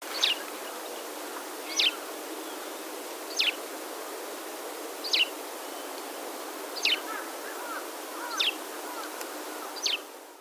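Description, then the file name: Eurasian tree sparrow calls: seven short, sharp single chirps spaced evenly about every one and a half seconds, over a steady hissing background. "suzume"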